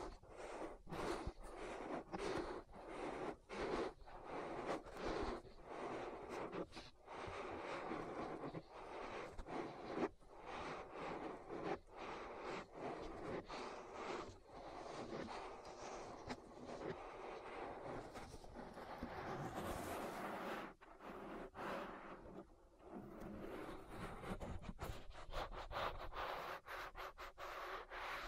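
An ear massage recorded as ASMR: dense, steady rubbing and rustling fills the whole stretch, broken by quick scratchy strokes every second or so. Around twenty seconds a brighter, hissing sweep stands out, followed by a brief lull before the rubbing resumes.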